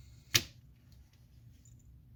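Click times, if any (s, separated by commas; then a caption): 0.4 s. An iPhone 8 Plus home button flex cable is laid down and its connector is pressed onto the phone board's socket, giving a sharp, bright snap at 0.4 s. Only faint ticks follow at about 0.9 s and 1.7 s over a low background hum. The connector is confirmed seated.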